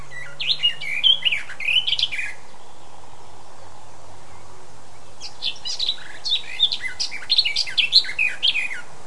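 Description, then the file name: Eurasian blackcap giving two warbled song phrases, each a tumbling mix of chirps and clear whistles, separated by a quiet gap of several seconds. "Sylvia atricapilla"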